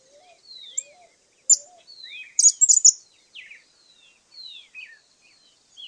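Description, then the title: Cattle tyrant giving thin, high squeaky calls and short descending slurred notes, with a loud burst of sharp chattering notes midway and soft low whistles early on. Subspecies Machetornis rixosa rixosa. "LuckyPassaro Completos2Sama. Cattle Tyrant (Machetornis rixosa rixosa)"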